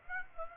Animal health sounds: mosquito wingbeat signal from an infrared sensor; Aedes aegypti

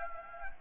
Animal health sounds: mosquito wingbeat signal from an infrared sensor; Anopheles gambiae

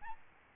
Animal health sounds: mosquito wingbeat signal from an infrared sensor; Aedes albopictus

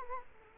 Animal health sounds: mosquito wingbeat signal from an infrared sensor; Culex quinquefasciatus

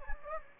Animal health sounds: mosquito wingbeat signal from an infrared sensor; Anopheles gambiae

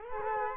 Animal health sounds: mosquito wingbeat signal from an infrared sensor; Culex quinquefasciatus

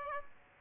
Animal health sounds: mosquito wingbeat signal from an infrared sensor; Aedes aegypti

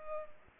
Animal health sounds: mosquito wingbeat signal from an infrared sensor; Culex pipiens

